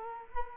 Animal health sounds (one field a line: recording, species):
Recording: mosquito wingbeat signal from an infrared sensor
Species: Culex quinquefasciatus